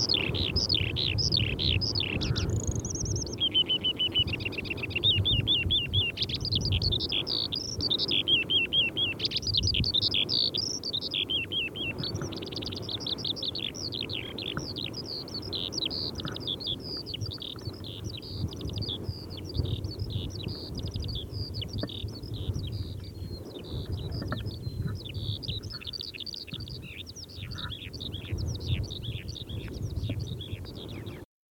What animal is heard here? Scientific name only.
Alauda arvensis